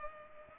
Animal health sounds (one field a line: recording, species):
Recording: mosquito wingbeat signal from an infrared sensor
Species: Culex pipiens